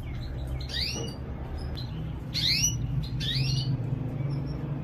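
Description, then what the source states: Canary giving three or four rising chirps over a fairly strong low rumbling hum. Female.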